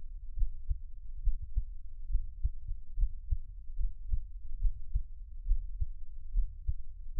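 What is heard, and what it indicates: Close-miked ASMR heartbeat of an adult's own heart, low and thumping at about 70 beats per minute, with no talking.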